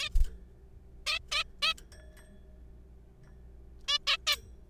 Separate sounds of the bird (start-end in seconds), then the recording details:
0.01-0.09, 1.06-1.19, 1.32-1.43, 1.62-1.74, 3.88-3.98, 4.07-4.17, 4.27-4.36. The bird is a juvenile. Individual R3428